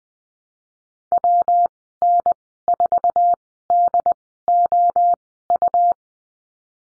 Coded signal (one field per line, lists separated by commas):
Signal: Morse code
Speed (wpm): 19 wpm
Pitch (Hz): 700 Hz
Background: none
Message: WN4DOU